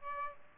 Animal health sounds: mosquito wingbeat signal from an infrared sensor; Aedes albopictus

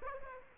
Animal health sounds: mosquito wingbeat signal from an infrared sensor; Aedes aegypti

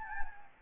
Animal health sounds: mosquito wingbeat signal from an infrared sensor; Anopheles gambiae

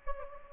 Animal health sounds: mosquito wingbeat signal from an infrared sensor; Anopheles gambiae

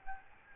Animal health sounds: mosquito wingbeat signal from an infrared sensor; Aedes albopictus

